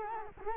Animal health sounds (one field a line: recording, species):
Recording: mosquito wingbeat signal from an infrared sensor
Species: Culex quinquefasciatus